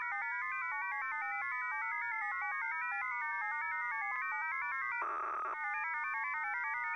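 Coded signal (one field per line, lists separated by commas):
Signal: numbers station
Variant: F07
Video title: 10244kHz USB Russian Number Station F07 (28.03.2024)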